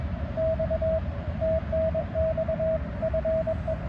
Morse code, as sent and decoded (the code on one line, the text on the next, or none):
-..- / - -. -..- / ..-. .
X TNX FE